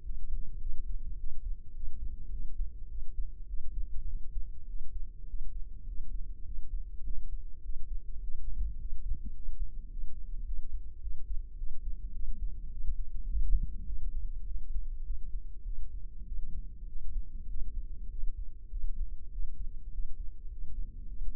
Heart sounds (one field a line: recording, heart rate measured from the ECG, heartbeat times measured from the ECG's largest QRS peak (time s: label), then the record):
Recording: heart sounds by microphone in the left ear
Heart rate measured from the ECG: 103 bpm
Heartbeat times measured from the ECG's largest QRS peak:
0.05 s: heartbeat
0.62 s: heartbeat
1.19 s: heartbeat
1.75 s: heartbeat
2.32 s: heartbeat
2.90 s: heartbeat
3.49 s: heartbeat
4.08 s: heartbeat
4.68 s: heartbeat
5.29 s: heartbeat
5.88 s: heartbeat
6.46 s: heartbeat
7.06 s: heartbeat
7.64 s: heartbeat
8.22 s: heartbeat
8.80 s: heartbeat
9.36 s: heartbeat
9.91 s: heartbeat
10.47 s: heartbeat
11.02 s: heartbeat
11.58 s: heartbeat
12.15 s: heartbeat
12.72 s: heartbeat
13.30 s: heartbeat
13.88 s: heartbeat
14.47 s: heartbeat
15.06 s: heartbeat
15.66 s: heartbeat
16.27 s: heartbeat
16.89 s: heartbeat
17.50 s: heartbeat
18.11 s: heartbeat
18.72 s: heartbeat
19.33 s: heartbeat
19.93 s: heartbeat
20.51 s: heartbeat
21.09 s: heartbeat
From the record:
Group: healthy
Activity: cold pressor test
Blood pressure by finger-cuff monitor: 137/87 mmHg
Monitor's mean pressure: 106 mmHg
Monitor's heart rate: 102 bpm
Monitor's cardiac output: 7.7 L/min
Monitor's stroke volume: 74 mL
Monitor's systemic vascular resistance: 1020 dyn s/cm5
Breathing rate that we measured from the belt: 16 breaths a minute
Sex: male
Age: 21 years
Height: 175 cm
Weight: 72.6 kg